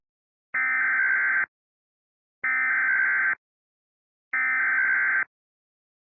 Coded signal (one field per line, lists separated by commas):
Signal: Emergency Alert System (SAME) tones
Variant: header bursts